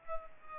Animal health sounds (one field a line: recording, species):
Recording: mosquito wingbeat signal from an infrared sensor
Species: Aedes aegypti